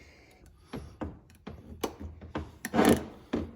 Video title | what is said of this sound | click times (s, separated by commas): “GEARS CENTRAL “ Part 1 of The PROPER Rebuild of YOUR E4OD/4R100 Rebuild. | i got that locked in | 2.6 s